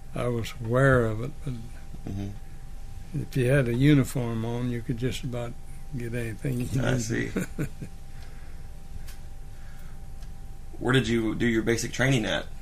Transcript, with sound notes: I was aware of it, and if you had a uniform on, you could just about get anything you needed [Laughing]
I see. Where did you, do your basic training at?